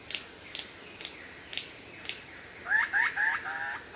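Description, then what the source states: Lyrebird song: a run of soft rhythmic clicks, then loud whistled notes that drop and rise, repeated several times. Variations of the song.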